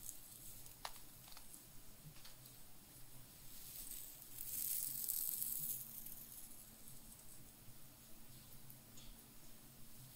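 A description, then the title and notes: Quiet scalp and hair sounds: soft brushing with a few small clicks near the start and end, and a brighter, crisp rustle of scratching swelling up around the middle for a second or so. A low, steady hum sits underneath throughout. ASMR Tingliest hair sounds Scalp oiling, head massage + skinhair scratching.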